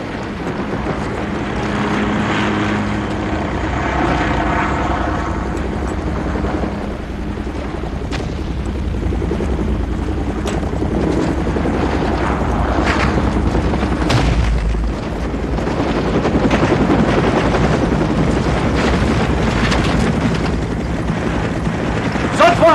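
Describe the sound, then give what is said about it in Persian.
A helicopter carrying a commander comes in to land, its rotor roaring steadily for the whole stretch, a loud low rumble layered with droning engine tones and scattered sharp bursts of noise. “فرمانده شو تو اون هلیکوپتره.”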